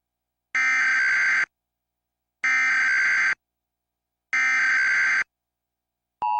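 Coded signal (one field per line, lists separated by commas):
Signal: Emergency Alert System (SAME) tones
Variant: header bursts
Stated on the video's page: Simulated Minnesota test made with Scratch software.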